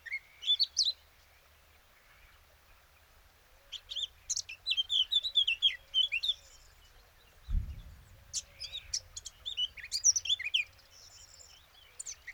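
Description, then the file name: Eurasian blackcap song: brief chirpy bursts, then longer jumbled warbling phrases of high notes separated by silent gaps, with one dull low thump partway through. "Sylvia atricapilla"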